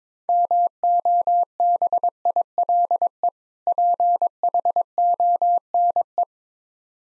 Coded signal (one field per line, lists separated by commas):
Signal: Morse code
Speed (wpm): 22 wpm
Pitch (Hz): 700 Hz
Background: none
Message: MOBILE PHONE